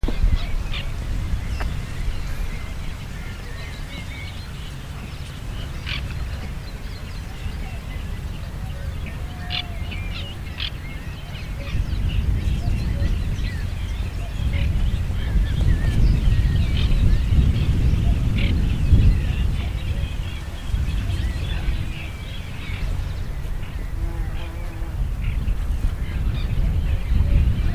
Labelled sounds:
White-winged Tern (Chlidonias leucopterus) call
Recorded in the wild
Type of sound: call
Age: adult
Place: Zarnekow, Peenetal, Mecklenburg-Vorpommern, DE
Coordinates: 53.8756, 12.8906
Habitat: wetland
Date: 2010-06-08 21:30
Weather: fair, 20°C, weak easterly winds
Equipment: Sound Devices 702, Sennheiser MKH 70, Rycote Windschutz
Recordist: Frommolt, Karl-Heinz
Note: Polder Zarnekow-Upost: Rufe im Vorbeiflug. Tiere eindeutig identifiziert. Entfernung 50 bis 100 m

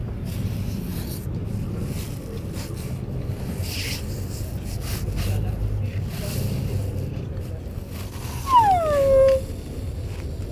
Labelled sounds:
White Rhinoceros (Ceratotherium simum) call
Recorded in captivity
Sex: female
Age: adult
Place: Tierpark Berlin, Berlin, DE
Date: 1964-10-24 14:00
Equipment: Telefunken Magnetophon 300, Sennheiser MD 421, Transistorverstärker, Kopie Smaragd
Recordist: Tembrock, Günter
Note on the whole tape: Helle Laute. Abstand: erst ca. 4 m, dann ca. 50 cm. Aufnahme von 14.00 bis 17.00 Uhr

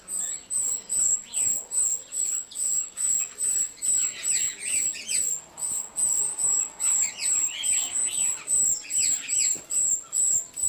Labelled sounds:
Grosbeak Starling (Scissirostrum dubium)
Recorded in captivity
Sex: group
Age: diverse
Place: Zoo Berlin, Berlin, DE
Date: 1997-10-18 11:18
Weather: sunny, 12-15°C
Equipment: Nagra SN, Kopie Uher 4000 Report Monitor
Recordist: Tembrock, Günter
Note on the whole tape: Laute in der Gruppe, helle Bettellaute eines "Ästlings", Entfernung 6 m

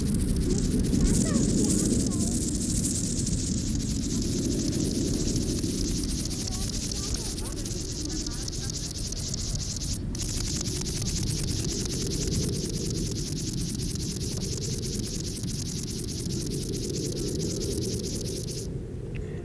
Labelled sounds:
Upland Field Grasshopper (Chorthippus apricarius) stridulation
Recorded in the wild
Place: Karower Teiche, Naturpark Barnim, Berlin, DE
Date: 1992-09-27 11:25
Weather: sonnig, 17-22°C
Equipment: Marantz CP 430, Sennheiser ME 80, Kopie Tesla B 116
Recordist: Tembrock, Günter

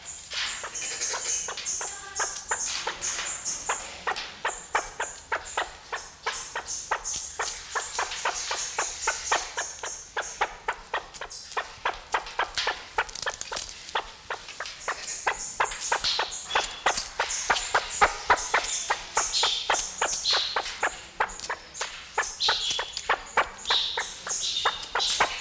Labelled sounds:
Great Argus (Argusianus argus) call
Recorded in captivity
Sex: male
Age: adult
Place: Zoo Berlin, Berlin, DE
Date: 1994-01-08
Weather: wolkig bis sonnig, 6°C
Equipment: Marantz CP 430, Sennheiser MKH 416 T, Kopie Uher Variocord 263
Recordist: Tembrock, Günter

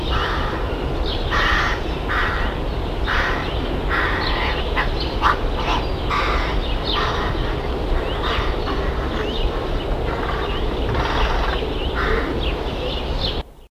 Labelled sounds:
Carrion Crow (Corvus corone) call
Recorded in captivity
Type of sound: call
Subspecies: corone
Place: Zoo Hannover, Niedersachsen, DE
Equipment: Halbspur, 9,5 cm/s
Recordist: Lütgens, Hans
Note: Halbflügge gefüttert

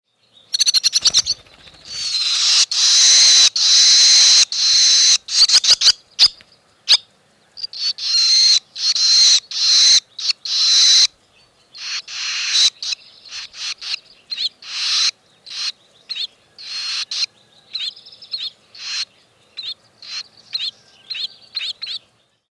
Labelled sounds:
Barn Swallow (Hirundo rustica)
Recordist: Tembrock, Günter
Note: Abwehrlaute

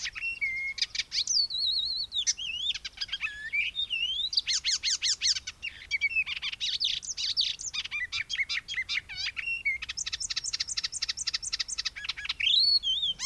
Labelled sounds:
Icterine Warbler (Hippolais icterina) song
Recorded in the wild
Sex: male
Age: adult
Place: Möhrendorf, Bayern, DE
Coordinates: 49.6361, 10.9861
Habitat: pond
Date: 1962-05-13
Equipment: Original, Vollspur
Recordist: Tretzel, Erwin

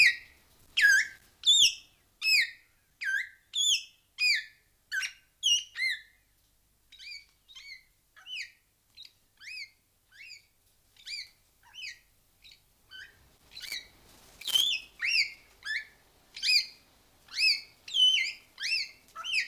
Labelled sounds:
Greater Vasa Parrot (Coracopsis vasa) call
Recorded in captivity
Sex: male
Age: adult
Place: Zoo Berlin, Berlin, DE
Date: 2002-07-25 12:05
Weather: bedeckt, z.T. Regen, 16°C
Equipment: Nagra SN, Kopie Uher 4000 Report Monitor
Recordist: Tembrock, Günter

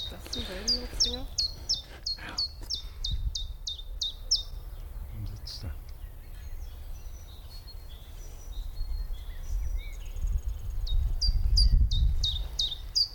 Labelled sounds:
Common Chiffchaff (Phylloscopus collybita)
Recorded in the wild
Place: Friedhof Niederschönhausen III, Berlin, DE
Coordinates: 52.57, 13.38
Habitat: Stadtfriedhof
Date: 1996-04-20 13:30
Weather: sonnig, 20°C
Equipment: Sony MD-WM MZ-R3, Sennheiser MKH 416 T, Kopie Uher 4000 Report Monitor
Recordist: Tembrock, Günter

